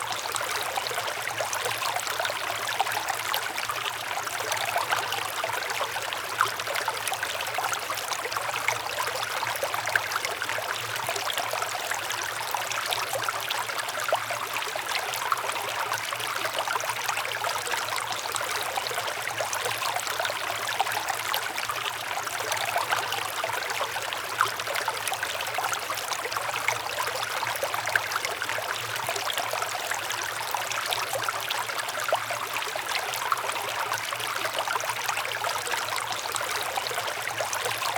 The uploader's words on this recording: One Hour Of River Sounds.